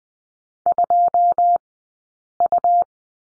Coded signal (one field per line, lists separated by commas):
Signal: Morse code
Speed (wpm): 20 wpm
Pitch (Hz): 700 Hz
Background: none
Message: 2U